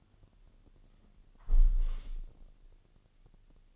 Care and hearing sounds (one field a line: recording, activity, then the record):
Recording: daily activity, microphone in the room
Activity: close window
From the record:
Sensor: 4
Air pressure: 1001.2 hPa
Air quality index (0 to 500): 175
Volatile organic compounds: 2 ppm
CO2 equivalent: 1250 ppm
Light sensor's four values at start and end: 12/27/11/11 and 12/27/11/11